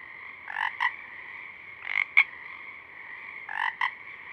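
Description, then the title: Pacific chorus frog giving two-note ribbit calls roughly every one and a half seconds against a constant background chorus. A few Pacific chorus frogs singing at dusk; recorded through a parabolic reflector, simultaneously with a double mid-side rig 50 feet away. "Pacific Chorus Frogs (Pseudacris regilla), dusk, Parabolic"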